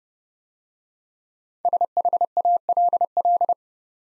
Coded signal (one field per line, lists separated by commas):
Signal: Morse code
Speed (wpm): 30 wpm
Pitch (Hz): 700 Hz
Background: none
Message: SHALL